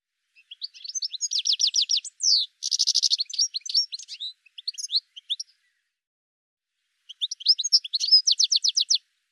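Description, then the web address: Bird song of rapid high chirps and trills, a burst of repeated notes, a dense buzzy phrase, scattered chips, then a pause and another quick trilled run. "cianscape birddata"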